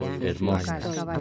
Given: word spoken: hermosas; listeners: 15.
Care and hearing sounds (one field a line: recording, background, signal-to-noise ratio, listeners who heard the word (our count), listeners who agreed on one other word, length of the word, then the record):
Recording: one Spanish word in noise, from a listening test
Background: four-talker babble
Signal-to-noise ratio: -0.4 dB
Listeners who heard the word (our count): 3 of 15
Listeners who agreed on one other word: 6 of 15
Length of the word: 0.80 s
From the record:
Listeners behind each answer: 6, 3, 2, 1, 1, 1, 1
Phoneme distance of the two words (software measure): 17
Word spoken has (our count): 3 syllables, 7 phonemes, stress on syllable 2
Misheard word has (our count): 3 syllables, 6 phonemes, stress on syllable 2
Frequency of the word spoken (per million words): 8.69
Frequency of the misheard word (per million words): 22.75